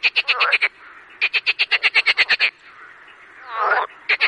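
Marsh frog giving fast rattling croaks in pulsed trains, with a quieter chorus behind.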